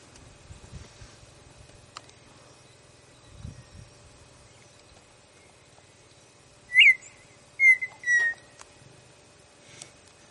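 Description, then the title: Partridge song: after several quiet seconds with a few soft low thumps, one phrase of three whistles, a sharp rising-falling note then two descending slurs. "Canto de Perdiz"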